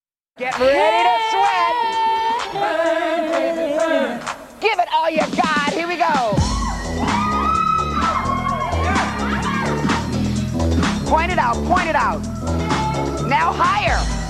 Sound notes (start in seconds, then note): 2.0 singing; 6.4 cheering